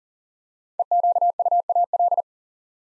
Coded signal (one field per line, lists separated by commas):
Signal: Morse code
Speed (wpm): 39 wpm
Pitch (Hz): 700 Hz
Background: none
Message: EQUAL